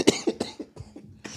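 A rapid run of about six short, dry coughs within just over a second from an adult still getting over a little bug. The first three are strongest, and the later ones weaken, in a brief coughing bout.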